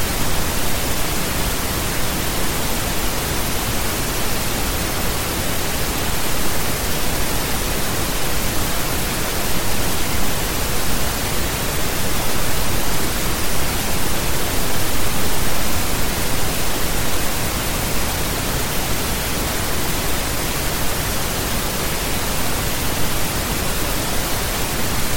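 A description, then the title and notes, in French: Pink noise runs without a break for the full length, a dense, even hiss that fills everything from deep rumble to bright top. Its loudness holds level throughout, with no events, pauses or other sounds. Bruit rose.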